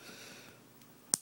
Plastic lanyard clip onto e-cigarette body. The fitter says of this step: pops right into place